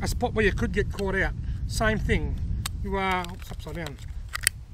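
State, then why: Seated. A plastic mount adaptor is pushed down and then slid back up into the slot of a ZOLEO satellite messenger cradle while someone talks. A faint tick sounds at 4.3 s, and a sharp click at 4.5 s marks the mount seating home in the cradle.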